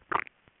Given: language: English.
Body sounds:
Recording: throat vibration sensor signal played as sound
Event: swallow

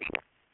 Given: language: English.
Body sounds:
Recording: throat vibration sensor signal played as sound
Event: swallow

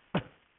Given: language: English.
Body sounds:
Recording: throat vibration sensor signal played as sound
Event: cough

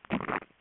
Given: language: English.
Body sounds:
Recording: throat vibration sensor signal played as sound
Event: swallow

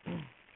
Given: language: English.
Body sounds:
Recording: throat vibration sensor signal played as sound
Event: throat clearing

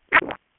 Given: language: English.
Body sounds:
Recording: throat vibration sensor signal played as sound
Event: swallow

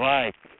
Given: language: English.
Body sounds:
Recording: throat vibration sensor signal played as sound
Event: speech

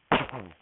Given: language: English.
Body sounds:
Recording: throat vibration sensor signal played as sound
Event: cough

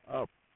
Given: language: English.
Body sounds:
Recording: throat vibration sensor signal played as sound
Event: speech

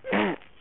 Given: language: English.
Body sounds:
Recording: throat vibration sensor signal played as sound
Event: throat clearing

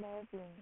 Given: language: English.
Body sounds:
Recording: throat vibration sensor signal played as sound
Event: speech

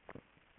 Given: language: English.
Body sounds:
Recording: throat vibration sensor signal played as sound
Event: swallow

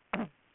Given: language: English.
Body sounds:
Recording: throat vibration sensor signal played as sound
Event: cough

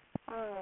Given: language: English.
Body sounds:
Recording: throat vibration sensor signal played as sound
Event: speech

